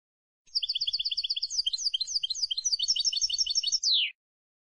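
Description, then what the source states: European goldfinch singing a fast, liquid twittering run of high doubled notes that changes pattern midway and closes with a descending buzzy slur. Clean goldfinch song for copying, used to train song.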